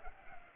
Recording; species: mosquito wingbeat signal from an infrared sensor; Culex pipiens